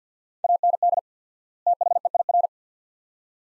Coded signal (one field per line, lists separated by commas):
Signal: Morse code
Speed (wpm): 50 wpm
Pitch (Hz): 700 Hz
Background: none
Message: AND THEIR